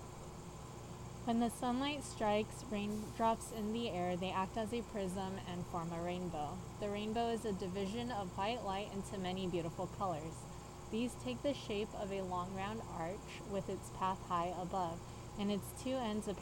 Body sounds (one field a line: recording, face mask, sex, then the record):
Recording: reading aloud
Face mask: surgical mask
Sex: female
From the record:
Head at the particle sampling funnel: tilted up or above it, chin in front of it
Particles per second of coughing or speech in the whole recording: 0.0109